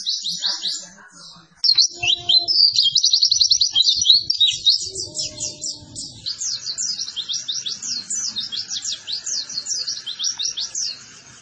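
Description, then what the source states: White-eye song: fast, high, scratchy warbling that becomes a long stream of quick descending notes over faint background noise. Masteran (tutor) recording for training cage birds; pleci white-eye singing in gacor (vigorous, continuous) style.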